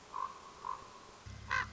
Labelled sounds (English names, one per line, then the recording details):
Common Raven
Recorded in Sonoma County, California